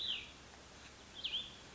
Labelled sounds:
Cassin's Vireo
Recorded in Sonoma County, California

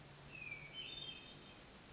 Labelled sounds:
Hermit Thrush
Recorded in Sonoma County, California

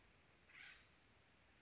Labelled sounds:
Acorn Woodpecker
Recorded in Sonoma County, California

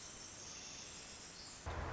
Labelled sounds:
Pacific Wren
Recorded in Sonoma County, California

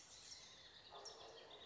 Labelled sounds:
California Towhee
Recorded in Sonoma County, California

